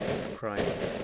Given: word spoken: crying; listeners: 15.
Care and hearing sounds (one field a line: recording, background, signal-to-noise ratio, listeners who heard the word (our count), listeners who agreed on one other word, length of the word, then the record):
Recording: one English word in noise, from a listening test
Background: noise modulated by three-talker babble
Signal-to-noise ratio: -4.5 dB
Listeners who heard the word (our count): 2 of 15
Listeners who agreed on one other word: 12 of 15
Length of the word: 0.64 s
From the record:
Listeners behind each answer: 12, 2, 1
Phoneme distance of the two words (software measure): 17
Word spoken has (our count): 2 syllables, 5 phonemes, stress on syllable 1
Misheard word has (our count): 1 syllable, 4 phonemes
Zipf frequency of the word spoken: 4.47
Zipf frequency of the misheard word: 4.90